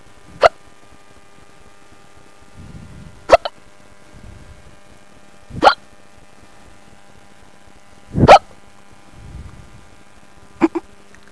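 Five short, sharp hiccups from an adult come about every two to three seconds, each a sudden squeaky catch, some with a quick second click. Faint breathy sounds fall between them. These are repeated involuntary hiccups with a squeaky quality.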